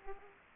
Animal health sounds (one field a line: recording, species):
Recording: mosquito wingbeat signal from an infrared sensor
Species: Culex pipiens